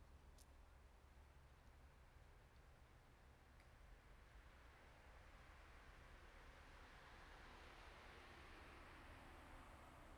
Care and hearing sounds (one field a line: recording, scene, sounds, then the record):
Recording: everyday scene through a hearing-aid microphone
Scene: in traffic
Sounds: traffic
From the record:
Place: bus stop on a city main road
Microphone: behind the ear, right, rear